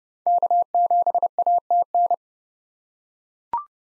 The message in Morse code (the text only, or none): K7ATN